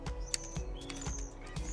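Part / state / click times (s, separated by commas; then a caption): click torque wrench on a bolt / torque reached / 0.3 s. A click-type torque wrench is pulled on a real bolt until its mechanism breaks over. A sharp, short click comes at 0.3 s, with faint chirps and a steady low hum in the background. The click means the bolt has reached the set newton-metre torque.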